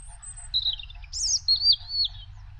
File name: Rouge gorge